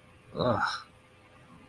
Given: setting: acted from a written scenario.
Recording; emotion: vocal sound without words; disgust